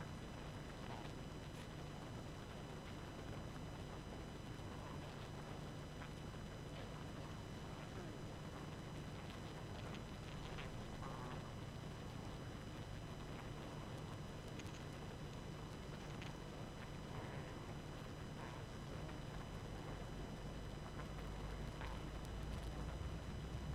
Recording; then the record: honeybee colony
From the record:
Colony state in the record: active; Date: 12 June 2018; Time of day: 22:51